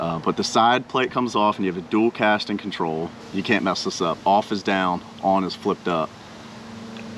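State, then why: Not seated. A man talks while handling the removable side plate of a Lew's Speed Spool baitcast fishing reel, and a small, faint knock comes at about 7.0 s at the end. When the side plate is refitted onto the baitcasting reel body, it goes on with no metallic click, so nothing has clicked or seated yet.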